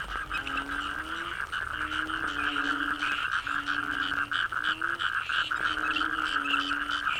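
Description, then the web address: Frogs croaking: low rising moans every second or so over a dense, continuous high trilling chorus. Frogs in the Cherating wetlands, Malaysia. "yamaha frogs cherating wetlands. malaysia"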